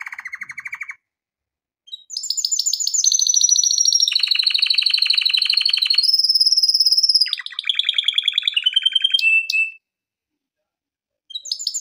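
Canary in full song, long rapid trills stepping between pitches, a high whistled stretch and buzzy rolls, ending after a brief pause with another trill.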